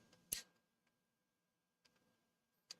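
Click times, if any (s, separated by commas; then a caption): 0.3 s, 2.7 s. Printed ABS vented riser clips snap onto the top of an Elegoo Centauri Carbon 3D printer enclosure. Two sharp snaps are heard at 0.3 s and 2.7 s, with a fainter click near 1.8 s, as the clips seat home.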